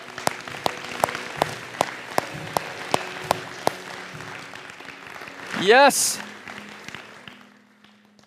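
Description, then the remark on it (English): An audience claps in a steady, even rhythm of sharp beats for several seconds, then the clapping fades and a voice lets out a loud rising shout. “Can we just clap wildly for that?”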